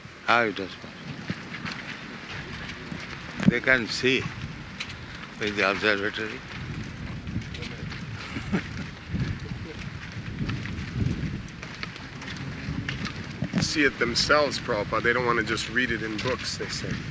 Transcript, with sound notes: How it was possible? ...they can see with the observatory? [laughs]
...see it themselves, Prabhupāda. They don't want to just read it in books, they say.